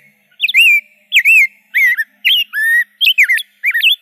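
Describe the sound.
Rose-breasted grosbeak giving several loud, sweet, slurred whistled phrases with short pauses between them.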